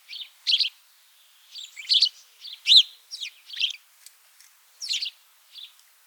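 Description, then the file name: House sparrow chirping, short harsh notes given in quick irregular bursts, some doubled, with brief pauses. "Passer domesticus"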